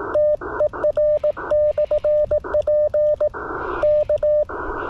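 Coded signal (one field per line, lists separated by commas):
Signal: Morse code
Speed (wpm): 18 wpm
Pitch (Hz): 600 Hz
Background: radio noise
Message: TER/P K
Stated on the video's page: Portable Remembrance Day Contest CW at 18 WPM, Icom IC-705 on battery, twin paddle key, EFHW antenna; exchange of report and years licensed.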